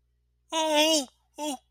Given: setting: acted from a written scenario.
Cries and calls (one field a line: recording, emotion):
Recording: vocal sound without words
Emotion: distress